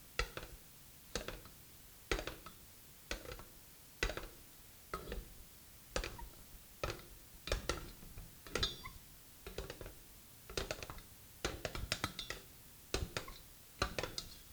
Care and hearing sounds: daily activity, guitar pickup as the sensor; fry

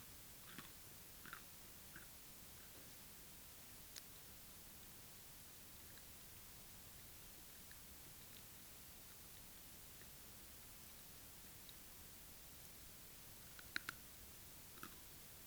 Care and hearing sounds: daily activity, guitar pickup as the sensor; eat

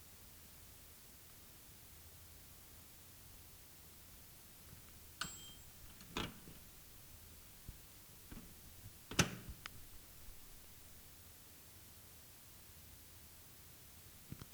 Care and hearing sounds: daily activity, guitar pickup as the sensor; use microwave

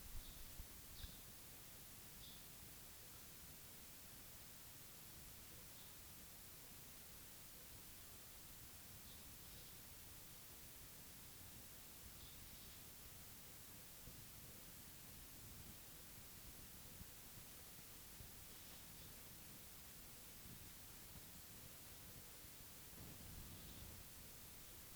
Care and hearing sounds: daily activity, guitar pickup as the sensor; lie down

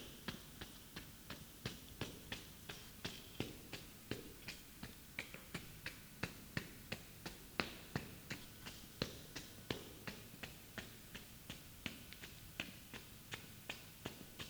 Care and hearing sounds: daily activity, guitar pickup as the sensor; run

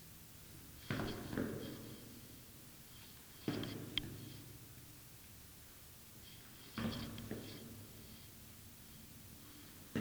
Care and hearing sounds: daily activity, guitar pickup as the sensor; go downstairs

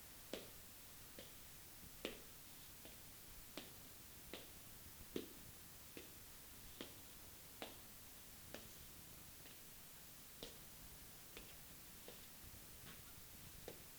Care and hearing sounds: daily activity, guitar pickup as the sensor; walk

